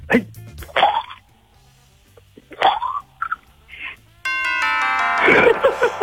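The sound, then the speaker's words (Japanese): A voice imitates the fizzing of carbonated Calpis Soda: a few short, hissy bursts with brief pauses, then a longer, louder, drawn-out buzzy fizz to finish. No one talks over it. “じゃあ、みんなこう、印象が薄れんうちに、次、炭酸入ってるカルピスソーダの音、はい、どうぞ。”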